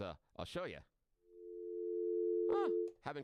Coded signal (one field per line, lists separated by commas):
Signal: telephone call progress tone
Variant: North America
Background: speech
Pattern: dial tone